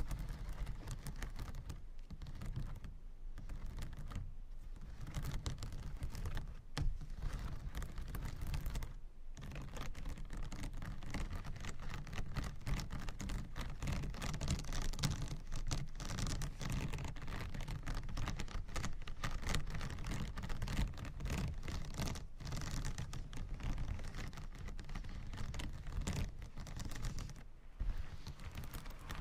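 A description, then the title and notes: Headphone tapping and massage rollers make a dense, steady patter of soft taps and rolling rubs over a low rumble, with brief pauses. Headphone Tapping & Massage Rollers.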